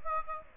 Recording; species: mosquito wingbeat signal from an infrared sensor; Aedes aegypti